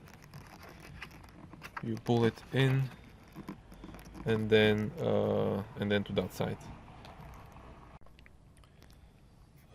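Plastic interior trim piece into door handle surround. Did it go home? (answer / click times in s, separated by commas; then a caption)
no / none. A plastic interior trim piece is worked into position toward the other side of the door handle surround in a W463 G-Class, ahead of being pressed home. Someone talks over faint plastic ticks and light handling scrapes, with a few small taps near the start and around 8 s. Nothing has seated or clicked yet.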